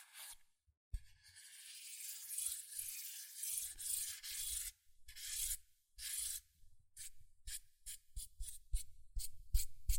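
Scratching and tracing on cardboard and paper, heard as long hissy strokes that rise and fall from about one to seven seconds. After that the strokes turn into fast, separate taps and short scrapes, with soft low thumps underneath, ending with a quick tapping run.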